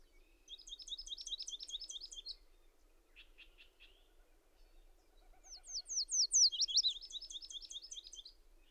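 Bird song: high trilled phrases of rapid repeated notes, one near the start and another from about five seconds, with brief chirps between and a faint lower warble.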